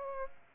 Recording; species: mosquito wingbeat signal from an infrared sensor; Aedes aegypti